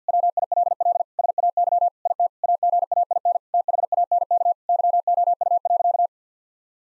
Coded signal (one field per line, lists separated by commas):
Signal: Morse code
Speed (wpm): 50 wpm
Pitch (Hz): 700 Hz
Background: none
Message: WILL SAY IT AGAIN THANK YOU.